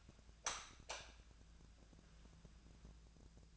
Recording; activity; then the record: daily activity, microphone in the room; light on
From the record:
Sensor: 2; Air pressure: 999.8 hPa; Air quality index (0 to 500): 116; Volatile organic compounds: 2 ppm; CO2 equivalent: 999 ppm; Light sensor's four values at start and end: 32/81/34/39 and 32/81/34/39